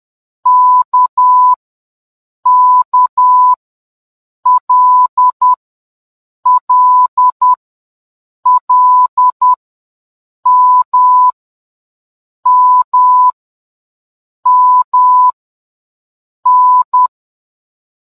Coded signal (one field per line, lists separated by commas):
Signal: Morse code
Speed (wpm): 10 wpm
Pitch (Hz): 1000 Hz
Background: none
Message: K K L L L M M M N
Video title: MORSE CODE ALPHABETS &NUMBERS WITH SOUND